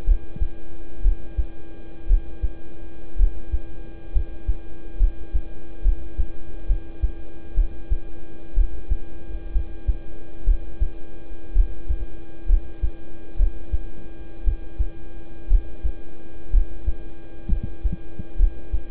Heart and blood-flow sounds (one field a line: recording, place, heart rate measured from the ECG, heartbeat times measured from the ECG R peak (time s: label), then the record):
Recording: heart sounds by stethoscope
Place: between the tricuspid and mitral areas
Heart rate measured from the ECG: 62 bpm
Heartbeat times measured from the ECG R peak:
0.04 s: heartbeat
1.02 s: heartbeat
2.07 s: heartbeat
3.16 s: heartbeat
4.12 s: heartbeat
4.97 s: heartbeat
5.82 s: heartbeat
6.66 s: heartbeat
7.54 s: heartbeat
8.54 s: heartbeat
9.52 s: heartbeat
10.44 s: heartbeat
11.53 s: heartbeat
12.46 s: heartbeat
13.36 s: heartbeat
14.43 s: heartbeat
15.47 s: heartbeat
16.50 s: heartbeat
17.48 s: heartbeat
18.36 s: heartbeat
From the record:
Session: rest, lying down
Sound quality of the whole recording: good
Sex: male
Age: 26 years